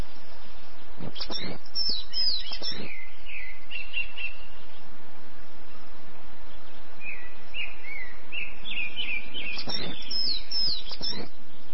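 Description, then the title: Bird song of quick chirps and short twittering phrases, one burst early and another after a pause, over steady low background noise. "LuckyPassaro Completos2Sama"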